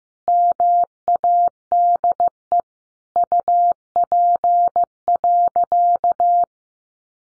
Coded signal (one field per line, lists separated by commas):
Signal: Morse code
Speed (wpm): 15 wpm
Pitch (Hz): 700 Hz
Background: none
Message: MADE UP.